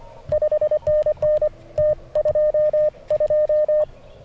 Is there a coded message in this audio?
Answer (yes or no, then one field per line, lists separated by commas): yes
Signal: Morse code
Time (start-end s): 0.3-3.8 s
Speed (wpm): 26 wpm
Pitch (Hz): 610 Hz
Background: none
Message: 5NN T22